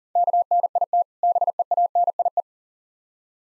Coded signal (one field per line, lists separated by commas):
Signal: Morse code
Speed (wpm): 44 wpm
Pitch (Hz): 700 Hz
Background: none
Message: KNIT BEANIE